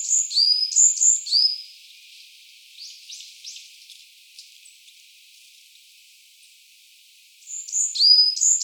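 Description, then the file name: Varied tit song: high two-note phrases repeated quickly, a soft pause with faint chips, then the phrase series returns at the end. Recorded 17 March 2017. "yamagara 170317"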